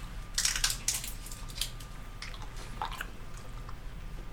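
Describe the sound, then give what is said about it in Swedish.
Wet, sticky smacking and chewing of knäck, a Swedish Christmas toffee, right at the microphone, a burst of squishy mouth clicks early on, then softer intermittent smacks over a low steady hum. “Smaka lite, kan jag smaska lite i micken.”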